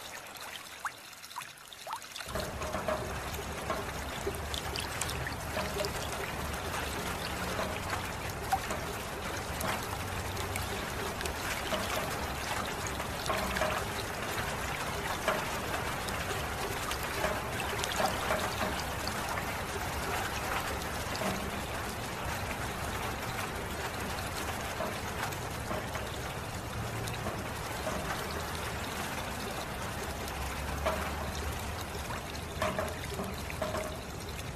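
Water pours and trickles steadily after a quiet first two seconds, a dense, bright splashing with a low rumble underneath throughout.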